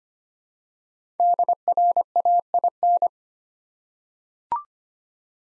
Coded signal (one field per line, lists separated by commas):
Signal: Morse code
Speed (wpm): 25 wpm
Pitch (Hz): 700 Hz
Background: none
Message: DRAIN